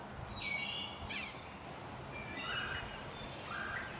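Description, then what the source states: Blue jay begging calls, a few harsh squeaky notes early on, then softer buzzy calls, over a steady low rumble. Fledglings.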